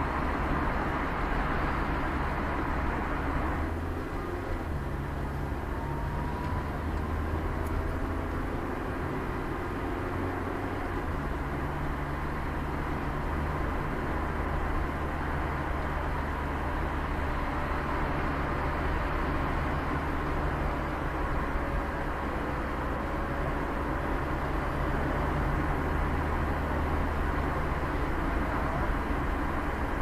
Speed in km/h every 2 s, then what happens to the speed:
52, 53, 56, 58, 58, 57, 48, 42, 31, 22, 19, 18, 26, 28, 33.
0-10 steady at about 56. 10-21 brakes to 18. 21-30 speeds up to 33.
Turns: none.